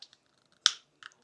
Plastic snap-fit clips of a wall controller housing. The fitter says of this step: You can hear the clicking